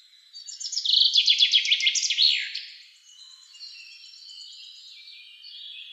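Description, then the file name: Common chaffinch delivering one fast, cascading trill ending in an emphatic flourish, followed by faint high twittering. "Fringilla coelebs"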